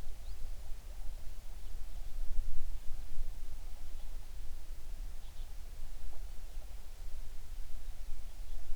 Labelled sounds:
bird
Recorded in the Prudhoe Bay oil fields, Alaska, on 11 June 2019 at 04:40
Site 21

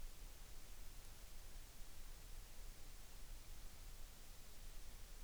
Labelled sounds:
near silence
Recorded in the Arctic National Wildlife Refuge, Alaska, on 3 August 2019
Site 33

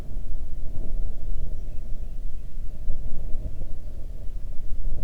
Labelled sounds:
songbird
wind
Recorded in the Arctic National Wildlife Refuge, Alaska, on 3 June 2019 at 04:42
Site 37

